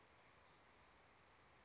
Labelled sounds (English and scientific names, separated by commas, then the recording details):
Chestnut-backed Chickadee (Poecile rufescens)
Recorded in Sonoma County, California